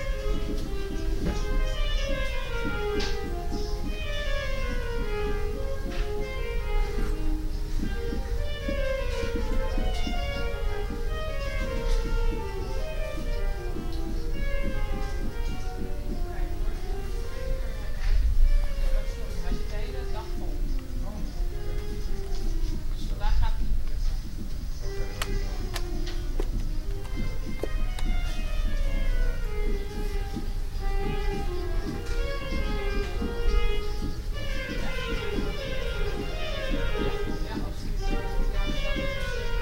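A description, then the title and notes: A girl practices the saxophone in a small booth, playing quick runs of notes that climb and fall in repeated scale-like patterns. The playing is continuous at an even volume for the whole stretch, over a low steady hum. Den Haag, April. Recording of a girl practicing the saxophone in the special sound booth of the public library.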